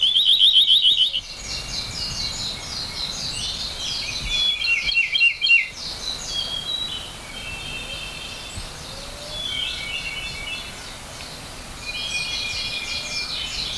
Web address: sikioto. akahige